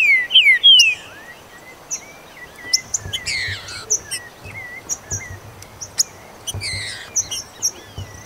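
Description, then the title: Green-winged saltator song opens with a bright whistled phrase, followed by buzzy high notes and repeated sharp chirps. "Trinca Ferro"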